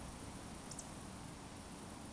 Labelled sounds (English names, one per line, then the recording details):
Eurasian Woodcock whistle
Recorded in Baden-Württemberg, Germany, on 21 June 2020 at 20:15 UTC
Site 42618, 210 m above sea level